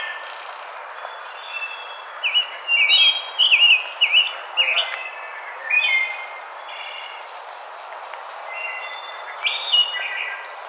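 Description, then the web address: Rose-breasted grosbeak song, a run of bright, slurred whistled notes in the middle, then quieter warbled fragments, over a backdrop of other birds' high chips. Recorded on 5 May 2007. "Rose-breasted Grosbeak 2007 05 05"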